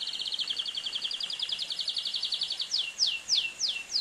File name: canto do canario do reino